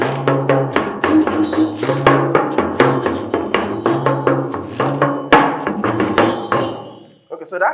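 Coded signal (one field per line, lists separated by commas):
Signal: talking drum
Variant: Yoruba dùndún (Ìyá'lù)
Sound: fast talking-drum strokes with rising and falling pitch, and jingling bells over each hit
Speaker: I'll play it again. Okay, so that is orí ẹni kó má fìyà jẹ ni, àtàrí ẹni kó má fìyà jẹ ni, mo dúpẹ́, Ọlọ́run ò pa mí lẹ́kún, mo dúpẹ́.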